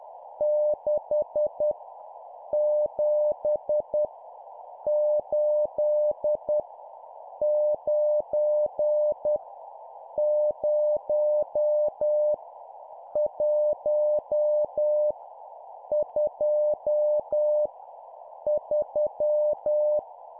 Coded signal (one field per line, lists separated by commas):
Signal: Morse code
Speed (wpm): 10 wpm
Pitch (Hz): 600 Hz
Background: none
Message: 6 7 8 9 0 1 2 3